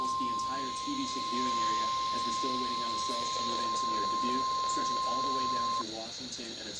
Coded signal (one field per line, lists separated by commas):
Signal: Emergency Alert System (SAME) tones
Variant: 1050 Hz attention tone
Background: speech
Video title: Radio EAS 14 - SVR 13